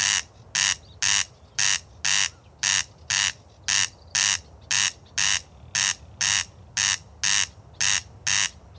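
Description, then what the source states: Corncrake call, harsh rasps repeating steadily throughout, with faint low rumble beneath. Call runs through a sound art piece made from material collected over the summer; once found in every county, known to country people by sound.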